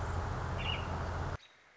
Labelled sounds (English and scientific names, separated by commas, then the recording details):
American Robin (Turdus migratorius)
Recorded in Sonoma County, California